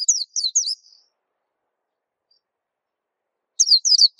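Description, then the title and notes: White-eye song: two short bursts of high, rapid down-slurred chirps separated by a long silence. Local name pleci; described as a long, melodious song. "Kicau Burung Pleci. suara burung pleci merdu panjan"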